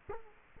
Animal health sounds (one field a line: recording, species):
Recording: mosquito wingbeat signal from an infrared sensor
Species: Culex quinquefasciatus